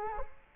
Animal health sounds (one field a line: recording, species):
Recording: mosquito wingbeat signal from an infrared sensor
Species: Culex quinquefasciatus